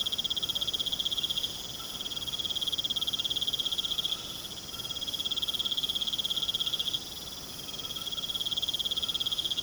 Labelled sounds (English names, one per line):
none